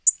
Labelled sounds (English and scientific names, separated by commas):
Tennessee Warbler (Leiothlypis peregrina) flight call